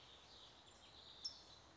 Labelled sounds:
California Towhee
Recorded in Sonoma County, California

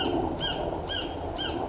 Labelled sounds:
Blue-gray Gnatcatcher
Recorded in Sonoma County, California

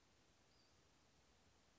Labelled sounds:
Western Flycatcher
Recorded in Sonoma County, California

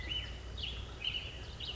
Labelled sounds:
Black-headed Grosbeak
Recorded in Sonoma County, California

